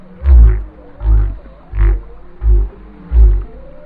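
Whale song: five short, very low grunting pulses in quick succession, roughly every seven-tenths of a second.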